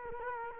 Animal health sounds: mosquito wingbeat signal from an infrared sensor; Culex quinquefasciatus

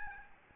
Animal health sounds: mosquito wingbeat signal from an infrared sensor; Aedes albopictus

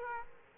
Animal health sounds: mosquito wingbeat signal from an infrared sensor; Aedes aegypti

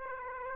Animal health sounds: mosquito wingbeat signal from an infrared sensor; Aedes aegypti

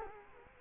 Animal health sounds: mosquito wingbeat signal from an infrared sensor; Culex quinquefasciatus

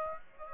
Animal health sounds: mosquito wingbeat signal from an infrared sensor; Aedes aegypti

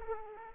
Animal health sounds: mosquito wingbeat signal from an infrared sensor; Aedes aegypti

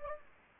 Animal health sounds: mosquito wingbeat signal from an infrared sensor; Anopheles gambiae

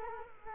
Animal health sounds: mosquito wingbeat signal from an infrared sensor; Culex quinquefasciatus

